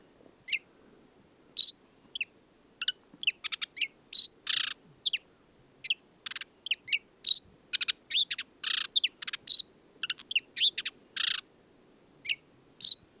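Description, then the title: Desert sparrow singing a lively, varied twitter of high chirps, quick slurred notes and brief buzzy trills, delivered in irregular bursts over about thirteen seconds. Male perched atop an acacia at Mayateg oasis, Mauritania, 22 February 2019; song of twitters, trills and inventions recalling common linnet; windless; parabolic dish, Telinga Pro 7, MixPre-3. "Le Moineau blanc du désert - Mauritanie"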